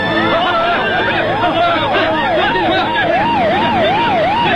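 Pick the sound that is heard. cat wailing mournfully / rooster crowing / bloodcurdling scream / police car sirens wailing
police car sirens wailing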